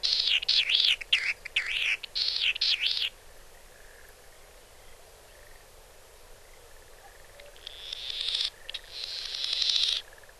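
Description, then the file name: Latham's snipe calls: a rapid run of wavering, harsh notes for about three seconds, a quiet pause, then a swelling rushing, whooshing sound near the end. Recorded in Nagano on 20 June 2007. "oojishigi 1 nagano kaji"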